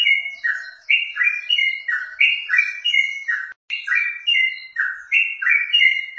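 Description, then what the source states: Yellow-vented bulbul song of fast, bubbling descending notes, with a sudden brief gap midway before the chattering resumes. Wild bird.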